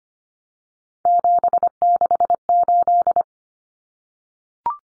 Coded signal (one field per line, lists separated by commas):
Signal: Morse code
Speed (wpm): 25 wpm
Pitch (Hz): 700 Hz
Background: none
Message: 768